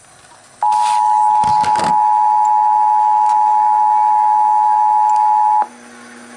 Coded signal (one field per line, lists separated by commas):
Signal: Emergency Alert System (SAME) tones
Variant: 853 and 960 Hz attention tone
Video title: EAS 166 RMT FOR ALL OF OHIO